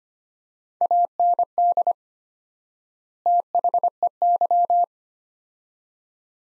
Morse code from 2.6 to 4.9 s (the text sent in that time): THEY